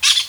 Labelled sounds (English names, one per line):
Brown-throated Parakeet contact call